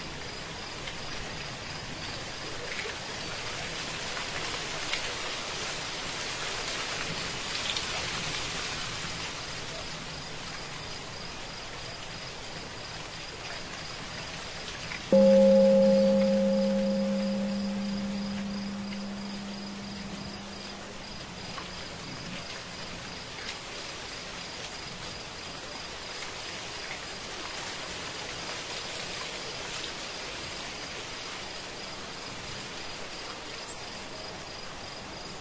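Crickets chirr steadily through a quiet night, and at the midpoint a single temple bell strikes once, its low hum fading over several seconds.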